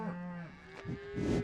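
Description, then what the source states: Cow making a brief low groan that fades, followed by breathy snorting puffs. Cows breathing on the microphone.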